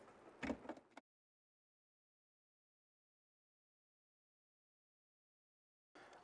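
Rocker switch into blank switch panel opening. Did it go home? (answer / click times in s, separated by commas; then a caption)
yes / 0.4 s. After being wired, a Storm rocker switch for a Metal Pless plow is pressed into a blank opening in a plastic switch panel and snaps into place with a sharp click at 0.4 s. A couple of smaller clicks and handling noises follow until about 1.0 s. After a stretch of silence, faint noise returns at about 6.0 s.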